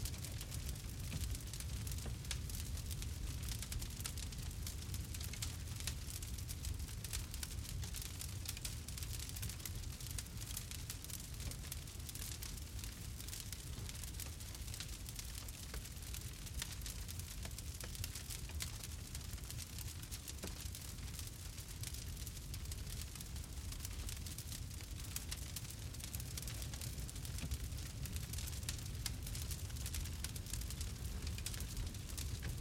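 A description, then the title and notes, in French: A crackling fire burns steadily, with a dense stream of small sharp pops and snaps scattered across the whole clip. Beneath the crackle runs a continuous low rumble, strong, while the level stays even from start to finish. Le Chant du Feu. L'ambiance chaleureuse d'un feu crépitant.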